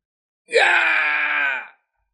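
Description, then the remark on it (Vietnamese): A man lets out a single loud, agonized scream, a strained, harmonic cry held steady for over a second before cutting off abruptly, with silence on either side, as a divine-clan powerhouse is shot dead. “Một tiếng hét thảm khác được truyền đến, một vị cường giả thần tộc khác cũng khó tránh được tai nạn, trực tiếp bị bắn chết, hóa thành một chuỗi máu dài, như mưa to trút xuống phía dưới.”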